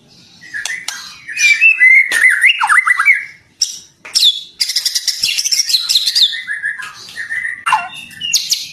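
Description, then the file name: White-rumped shama song: a varied run of loud whistled phrases, slurred notes and sharp chips around mid-high pitch, with brief harsh squawky notes between phrases. Master song used for training songbirds. "suara master murai batu"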